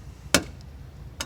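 A trim tool, flipped back to its small side, presses on the small bottom rear arrowhead clip of a side fender emblem on a 2020 GMC Sierra 2500/3500 Duramax truck, after the clip had snapped back into the fender. A sharp pop at 0.4 s marks the clip popping out through the fender again and releasing, followed by a faint tick at 0.6 s and a second, quieter click at 1.2 s.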